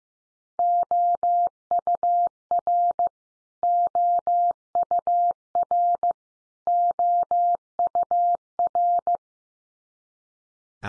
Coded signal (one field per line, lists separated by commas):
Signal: Morse code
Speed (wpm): 15 wpm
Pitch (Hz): 700 Hz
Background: none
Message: OUR OUR OUR